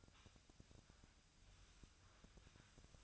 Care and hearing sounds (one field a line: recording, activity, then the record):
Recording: daily activity, microphone in the room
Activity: sweep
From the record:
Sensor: 2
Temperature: 24.5 degrees Celsius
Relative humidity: 39.5%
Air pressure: 1003.0 hPa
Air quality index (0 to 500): 199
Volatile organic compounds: 6 ppm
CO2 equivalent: 1891 ppm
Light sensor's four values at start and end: 11/26/11/12 and 11/26/11/12